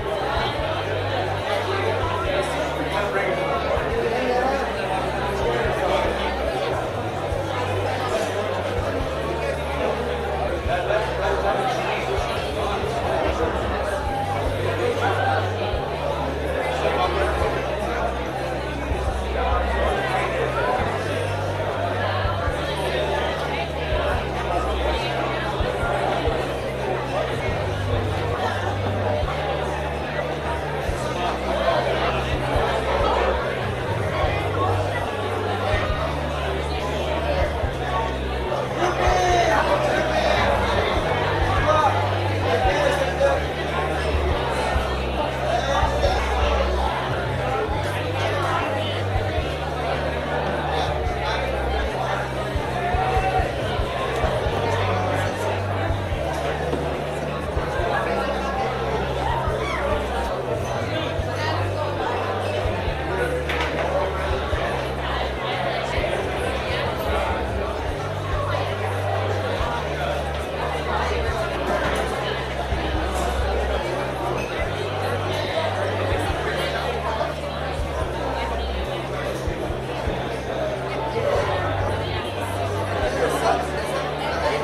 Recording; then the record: background sound without coughing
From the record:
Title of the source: CITY SOUNDS Busy Bar in the Evening Night - 2 HOURS of Ambiance for Relaxation